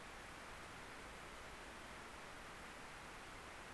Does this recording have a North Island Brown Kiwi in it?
no